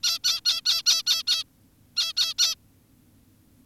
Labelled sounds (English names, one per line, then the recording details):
Zebra Finch
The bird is an adult
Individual g17y2U